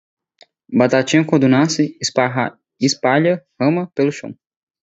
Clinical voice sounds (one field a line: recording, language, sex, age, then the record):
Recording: short text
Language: Brazilian Portuguese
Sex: male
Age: 20 to 29 years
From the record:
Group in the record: control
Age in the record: 20 years